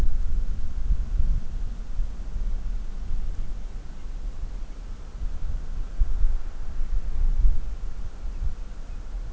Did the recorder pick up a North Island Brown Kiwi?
no